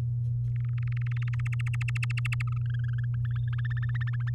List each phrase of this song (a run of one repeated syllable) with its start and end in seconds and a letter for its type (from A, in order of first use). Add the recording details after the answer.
0.56-1.69 A, 1.74-2.42 B, 2.47-3.49 C, 3.53-4.30 D. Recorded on 7 May 2018 at 14:02. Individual llb16